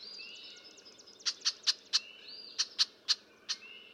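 Red-winged blackbird uttering crisp check notes in two rapid runs of four, against gentle whistled chirps of other birds.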